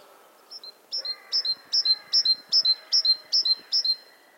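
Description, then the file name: Great tit two-note song: a high note dropping to a lower one, phrase repeated about nine times in quick, steady rhythm, growing louder after the first pair. "Parus major"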